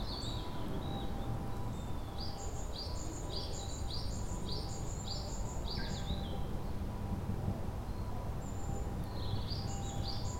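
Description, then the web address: Japanese tit singing a series of quick two-part high notes, pausing, then resuming near the end, with constant low-pitched ambient noise underneath. Recorded at Kotori no Mori on 2 May 2015. "kotorinomori kotori shijukara"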